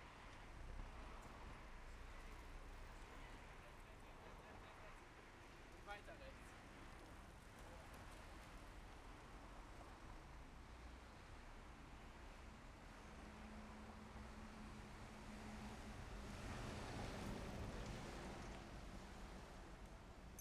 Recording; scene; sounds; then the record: everyday scene through a hearing-aid microphone; in traffic; traffic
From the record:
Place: main road on the outskirts, rush hour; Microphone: behind the ear, left, front